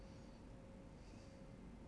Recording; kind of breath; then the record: one breath in and out by a microphone near the nose and mouth; normal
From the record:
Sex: male